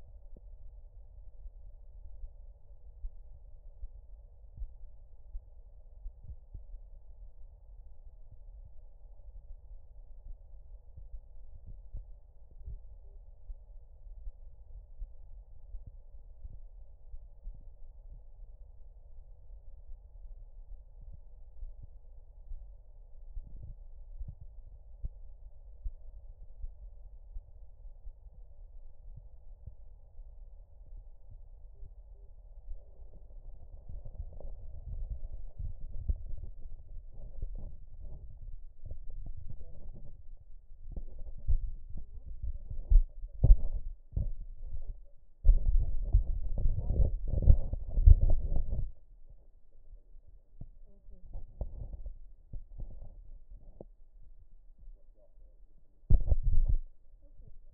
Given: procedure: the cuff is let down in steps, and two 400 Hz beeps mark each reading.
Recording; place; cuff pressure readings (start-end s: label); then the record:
Korotkoff sounds by stethoscope; brachial artery, at the lower edge of an arm cuff
12.64-13.17 s: 72.5 mmHg
31.75-32.27 s: 70 mmHg
From the record:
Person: healthy adult, 24 to 32 years, lying on the back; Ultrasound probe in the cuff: distal